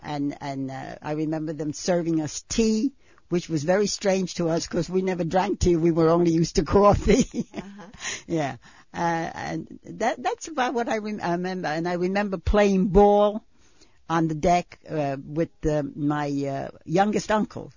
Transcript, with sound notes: And I remember them serving us tea, which was very strange to us 'cause we never drank tea. We were only used to coffee. (she laughs) Yeah. That's about what I remember. And I remember playing ball on the deck with my youngest uncle.